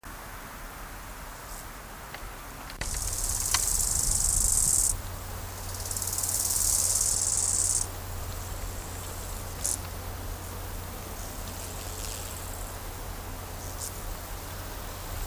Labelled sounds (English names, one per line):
Bow-winged Grasshopper stridulation